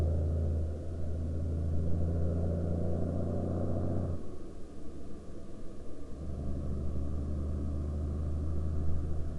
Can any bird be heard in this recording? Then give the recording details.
no. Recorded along the Dalton Highway, Alaska, on 2 May 2019 at 11:05. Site 10